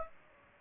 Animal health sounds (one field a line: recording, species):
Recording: mosquito wingbeat signal from an infrared sensor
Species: Aedes aegypti